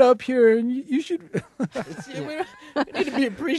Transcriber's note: soundbite of laughter